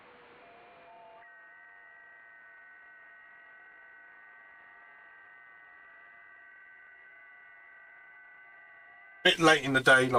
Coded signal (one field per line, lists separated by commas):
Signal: FT8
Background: speech